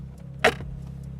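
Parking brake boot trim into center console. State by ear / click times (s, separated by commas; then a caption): seated / 0.5 s. The plastic clips of a parking brake (e-brake) lever boot trim section on a BMW E92/E90 3-series (335i, 328i, M3) snap home into the center console trim as the section is pushed in. A single sharp, bright click lands at 0.5 s over a steady low hum. The trim is seated.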